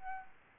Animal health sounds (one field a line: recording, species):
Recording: mosquito wingbeat signal from an infrared sensor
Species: Aedes albopictus